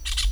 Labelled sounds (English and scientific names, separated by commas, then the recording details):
Brown-throated Parakeet (Eupsittula pertinax) contact call
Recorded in Venezuela
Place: Hato Matapalo, Bolívar
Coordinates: 7.356, -61.542